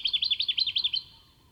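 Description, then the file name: Jacky winter calling, a quick series of sweet, high chirped notes, ending after about one second into quiet background. "Microeca Fascinans"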